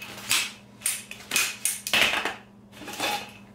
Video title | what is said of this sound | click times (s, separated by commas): Sitpack Campster... Great compact chair with a bag! | you know it's set up a nice satisfying click you know it's set up | 0.9 s, 1.7 s, 1.9 s